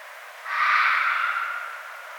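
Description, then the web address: Red fox scream: a single harsh, hoarse, drawn-out cry, slowly fading, over a quiet background hiss. Recorded 1 February 2012. "Red Fox 2012 02 01"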